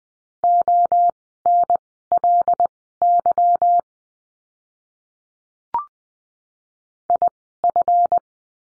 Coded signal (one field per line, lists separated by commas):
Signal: Morse code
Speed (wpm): 20 wpm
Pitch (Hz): 700 Hz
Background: none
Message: ONLY IF